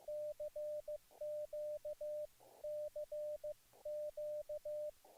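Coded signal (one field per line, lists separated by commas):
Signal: Morse code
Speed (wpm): 15 wpm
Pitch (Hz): 600 Hz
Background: none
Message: CQCQ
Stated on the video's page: Signals on a zBitX, a 5-watt pocket HF SDR radio covering 80 to 10 m, with internal FT8 and CW.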